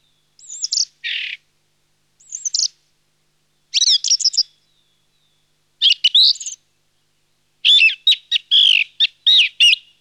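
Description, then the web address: Song thrush singing varied phrases, clear whistles, a harsher burst and rapid trilled notes, delivered in separate bursts with short pauses and growing busier toward the end. "Laulurastas. nauhalaisen aanimaailmat"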